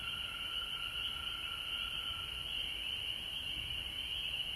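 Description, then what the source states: Frog chorus: a bright unbroken high trilling blend, the lower tone dropping away partway through. Frogs recorded at home in Georgia on March 19, 2020.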